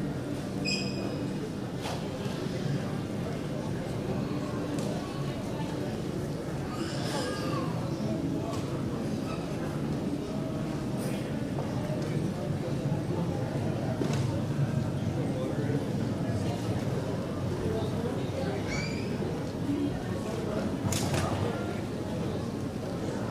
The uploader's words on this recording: Waiting in Terminal 3 At The Ft.Lauderdale Airport. It's an early morning flight so you will hear sounds of shops and restaurants starting to open as passengers file their way in.